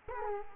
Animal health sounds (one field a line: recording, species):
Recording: mosquito wingbeat signal from an infrared sensor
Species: Culex quinquefasciatus